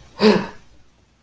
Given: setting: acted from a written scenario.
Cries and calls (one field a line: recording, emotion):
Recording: vocal sound without words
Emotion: positive surprise